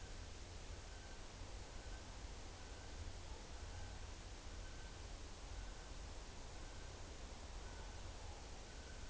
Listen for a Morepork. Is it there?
no